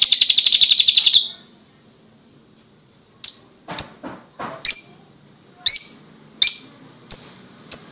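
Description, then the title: Oriental magpie-robin singing: a short rapid rattling trill, a silent gap, then a series of clear, sharp, high chirps spaced irregularly. "Kicau Kacer"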